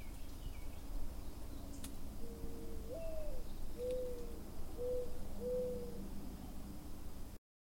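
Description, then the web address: Owl hooting: a few low, soft hollow notes, one wavering upward, spaced about a second apart over a constant rushing background hiss. Deep in the forest. "gufo nella profondita della foresta"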